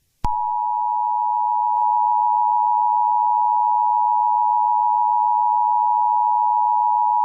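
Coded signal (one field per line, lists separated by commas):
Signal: Emergency Alert System (SAME) tones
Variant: 853 and 960 Hz attention tone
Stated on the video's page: Fictional EAS scenario for a winter storm, with voice actors.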